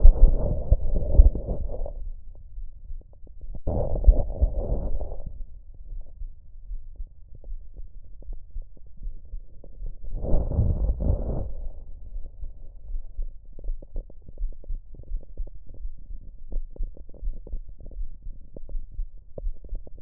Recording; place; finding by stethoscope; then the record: heart sounds by stethoscope; tricuspid valve (TV); normal heart sounds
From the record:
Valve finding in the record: tricuspid regurgitation, grade 0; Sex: male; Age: 66 years